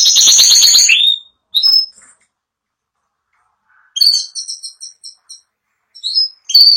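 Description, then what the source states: Canary song: a loud rapid trill, then scattered high whistled notes and a short series of repeated chirps after a pause. Song (canto).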